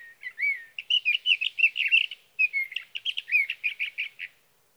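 Sage thrasher pouring out a continuous series of quick, slurred and warbling notes, some repeated, for over four seconds.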